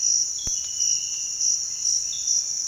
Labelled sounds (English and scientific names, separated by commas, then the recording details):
none
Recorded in dense forest near Puerto Asís, Putumayo, Colombia, on 29 June 2025 at 06:30
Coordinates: 0.466, -76.327
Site GP04